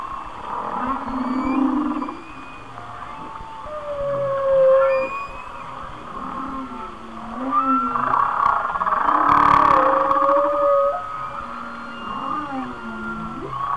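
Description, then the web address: Whale song with moaning phrases, squeaky upsweeps and whistled tones, building to a dense, loud burst of overlapping calls past the middle. "Natures Songs Whale Songs Whale Songs"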